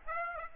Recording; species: mosquito wingbeat signal from an infrared sensor; Aedes aegypti